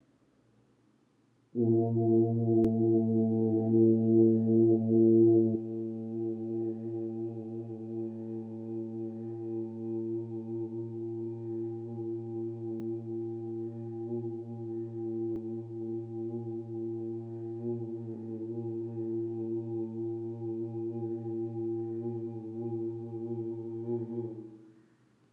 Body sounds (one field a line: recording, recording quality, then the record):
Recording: sustained vowel as in boot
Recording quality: excellent, no background noise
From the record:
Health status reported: healthy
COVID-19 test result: negative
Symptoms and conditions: cough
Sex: male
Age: 34 years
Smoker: not ticked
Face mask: not worn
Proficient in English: yes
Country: India